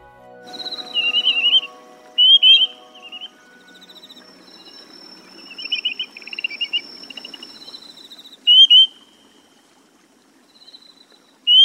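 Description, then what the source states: Grey-tailed tattler calls: three loud, rising two-note whistles, with softer warbling notes, a steady high tone and a low hum behind. Chiba Prefecture, Japan.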